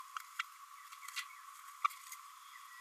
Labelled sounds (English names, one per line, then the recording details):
Green-rumped Parrotlet babbling
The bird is a female
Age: 27 days
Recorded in a nest box in Venezuela
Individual 17B32A5